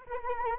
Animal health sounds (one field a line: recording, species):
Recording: mosquito wingbeat signal from an infrared sensor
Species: Anopheles arabiensis